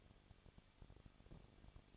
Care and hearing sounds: daily activity, microphone in the room; no activity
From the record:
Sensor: 4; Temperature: 23.1 degrees Celsius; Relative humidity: 34.2%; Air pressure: 1007.2 hPa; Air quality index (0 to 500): 217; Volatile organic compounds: 15 ppm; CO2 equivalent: 2507 ppm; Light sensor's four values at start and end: 2/3/1/1 and 2/3/1/1

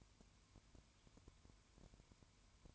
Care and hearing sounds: daily activity, microphone in the room; no activity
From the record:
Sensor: 2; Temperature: 20.0 degrees Celsius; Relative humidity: 32.0%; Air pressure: 1001.1 hPa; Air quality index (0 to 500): 55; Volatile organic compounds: 1 ppm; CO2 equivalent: 602 ppm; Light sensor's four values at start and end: 2/3/2/2 and 2/3/2/2

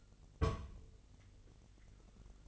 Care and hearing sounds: daily activity, microphone in the room; place on stove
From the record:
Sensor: 4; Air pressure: 1000.1 hPa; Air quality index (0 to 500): 226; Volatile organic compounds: 28 ppm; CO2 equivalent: 2913 ppm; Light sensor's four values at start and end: 9/20/8/8 and 9/20/8/8

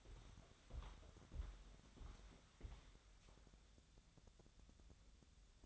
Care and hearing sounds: daily activity, microphone in the room; walk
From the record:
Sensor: 3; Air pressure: 1015.3 hPa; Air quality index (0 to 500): 120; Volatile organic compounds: 4 ppm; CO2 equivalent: 1690 ppm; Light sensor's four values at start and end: 17/45/18/19 and 18/45/18/20

